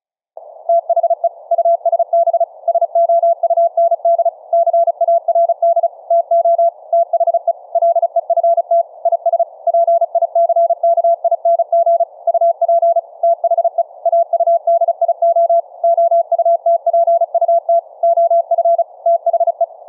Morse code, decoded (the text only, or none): THE USB SOUND CARD TO THE LEFT IS PICKING UP THE AUDIO OUTPUT OF THE